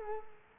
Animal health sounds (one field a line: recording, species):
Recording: mosquito wingbeat signal from an infrared sensor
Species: Culex quinquefasciatus